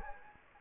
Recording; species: mosquito wingbeat signal from an infrared sensor; Anopheles gambiae